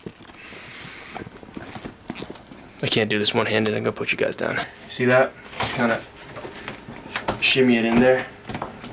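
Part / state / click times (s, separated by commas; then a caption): support rod into the circular mount of a softbox light box / not seated / none. A support rod is worked and shimmied into the circular mount on the light box of a budget photo-studio softbox while someone talks, with a few brief handling knocks and taps along the way. The rod is handled but not yet home, and nothing has seated or clicked yet.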